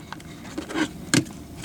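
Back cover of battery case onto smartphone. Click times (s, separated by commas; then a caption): 1.1 s. The plastic back half of a Dyconn X4 3000 mAh battery case is pressed onto a Samsung Galaxy S4 smartphone, with faint handling taps and rustles early on. A single sharp click at 1.1 s marks the back cover snapping into place, seated.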